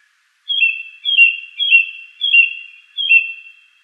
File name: suara-kicauan-burung-song-thrush -omkicau